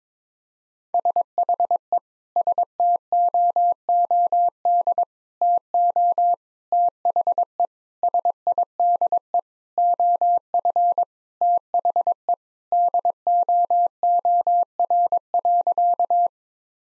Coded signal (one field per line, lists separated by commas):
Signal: Morse code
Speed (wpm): 22 wpm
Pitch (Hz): 700 Hz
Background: none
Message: SHE STOOD TO THE SIDE OF THE DOOR.